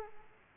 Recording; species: mosquito wingbeat signal from an infrared sensor; Aedes aegypti